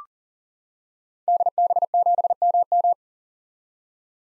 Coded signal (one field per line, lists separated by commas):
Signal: Morse code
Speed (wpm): 40 wpm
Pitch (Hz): 700 Hz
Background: none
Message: DB7MM